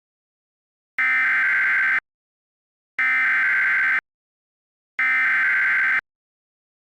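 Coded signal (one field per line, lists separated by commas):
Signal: Emergency Alert System (SAME) tones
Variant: header bursts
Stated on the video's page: Simulated EAS mock severe thunderstorm warning for Louisville.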